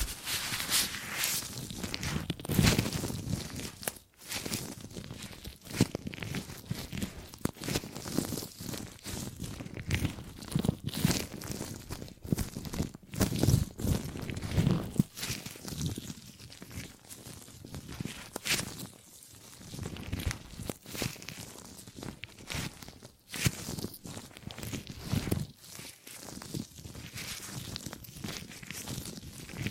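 Gripping and grabbing sounds fill the 30 seconds as a dense run of crinkling, rustling handling noises. Short crunchy grabs come every second or so, irregular and bright, with a few brief gaps near 4, 19 and 26 seconds.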